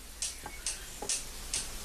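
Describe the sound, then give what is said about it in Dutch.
A clock ticks rapidly, alternating bright, sharp ticks with softer, duller tocks in a steady quick rhythm of about two beats per second, with no voices and only faint background hiss. “Nou, het is wel een hysterische klok.”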